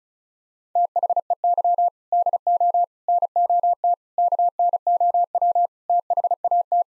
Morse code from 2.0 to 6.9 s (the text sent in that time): DO NOT KNOW THAT